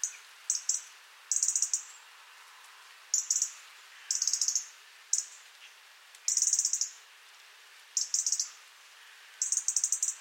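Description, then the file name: European robin calls as high, rapid ticking bursts, some short and some longer trains, coming irregularly about once a second. "Erithacus rubecula"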